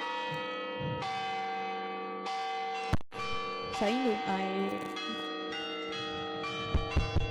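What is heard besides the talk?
church bells ringing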